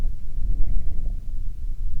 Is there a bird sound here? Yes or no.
yes